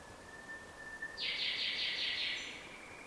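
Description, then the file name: Common nightingale singing a sustained thin whistle, then a loud, rapid rattling buzz of repeated notes that trails off into a quieter whistle. "Luscinia megarhynchos"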